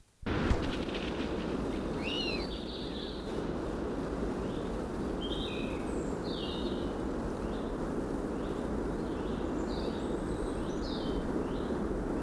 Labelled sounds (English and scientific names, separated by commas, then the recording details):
Hazel Grouse (Tetrastes bonasia) call
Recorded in the wild
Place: Bicaz, Moldova, RO
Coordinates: 46.91, 26.085
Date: 1973-04-21
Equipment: Nagra III BH, Sennheiser MD 21, parabola
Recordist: Schubert, Michael